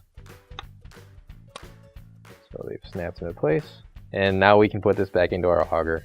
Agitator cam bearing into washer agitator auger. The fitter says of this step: we'll push them down until they lock into place so it snaps into place